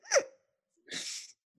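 A very old small dog gives a sharp sneeze, then a short harsh cough about a second later.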